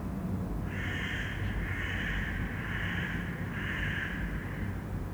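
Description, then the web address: Eurasian magpie calls, four harsh rasping bursts in quick succession over a heavy low rumble. Standard call, recorded in Angyalföld, Budapest. "szarka. kozbengalambismegszolal angyalfold"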